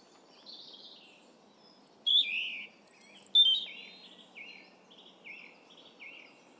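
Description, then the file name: European robin song: thin high whistles and a few sharp louder notes, then a run of short falling whistles, over low hiss. "Erithacus rubecula"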